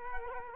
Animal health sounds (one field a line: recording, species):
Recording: mosquito wingbeat signal from an infrared sensor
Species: Culex quinquefasciatus